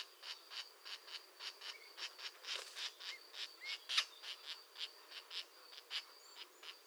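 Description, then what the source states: European green woodpecker making many quick repeated dry clicks over a constant thin high tone. A pair active at the nest.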